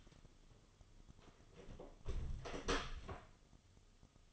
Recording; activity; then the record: daily activity, microphone in the room; close door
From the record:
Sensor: 4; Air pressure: 1005.7 hPa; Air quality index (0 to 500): 98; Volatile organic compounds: 2 ppm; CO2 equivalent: 1217 ppm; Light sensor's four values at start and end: 13/29/11/11 and 13/31/12/11